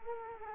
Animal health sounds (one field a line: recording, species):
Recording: mosquito wingbeat signal from an infrared sensor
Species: Culex quinquefasciatus